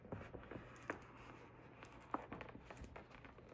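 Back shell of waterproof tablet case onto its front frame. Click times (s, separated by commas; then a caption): 0.9 s, 2.1 s. The plastic back shell of a waterproof case for a 2024 iPad Pro 11-inch M4 is pressed onto the case's front frame and snapped closed. Sharp snap clicks are heard at 0.9 s and 2.1 s, amid quieter ticks and handling rustle. The back shell is seated, shut onto the frame.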